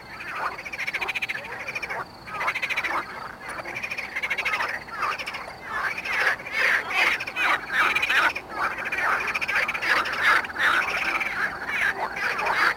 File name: Pelophylax ridibundus at Mali lag, Botevgrad, Bulgaria